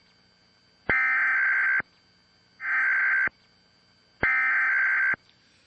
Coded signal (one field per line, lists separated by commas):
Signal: Emergency Alert System (SAME) tones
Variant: header bursts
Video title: Obama Launches Total Takeover of Media: Emergency Alert System